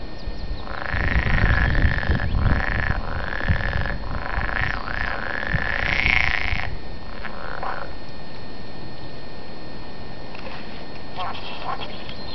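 Frog giving a run of rapid, pulsed, nasal croaks for about six seconds, then fainter scattered calls over a constant low background hum.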